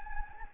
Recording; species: mosquito wingbeat signal from an infrared sensor; Anopheles gambiae